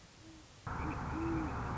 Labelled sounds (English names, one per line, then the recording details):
Great Horned Owl
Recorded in Sonoma County, California